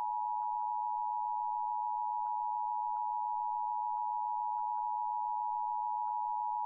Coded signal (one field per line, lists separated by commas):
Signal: Emergency Alert System (SAME) tones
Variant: 853 and 960 Hz attention tone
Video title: Monthly Tests Madness (EAS #6942-7018) 6/27-28/22